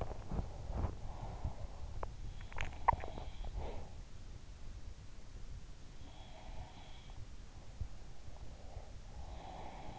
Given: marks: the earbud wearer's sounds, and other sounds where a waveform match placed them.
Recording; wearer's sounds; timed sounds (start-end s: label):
sounds in sleep by an in-ear microphone; breath, teeth grinding
0.00-4.06 s: breath
2.06-3.78 s: teeth grinding
5.74-8.67 s: sound from someone else or the room
8.85-9.99 s: sound from someone else or the room